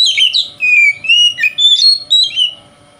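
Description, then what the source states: Oriental magpie-robin song: a rapid run of clear, sliding whistles, rising and falling in quick succession, over a faint steady hum. Called kacer; song style called 'konslet'.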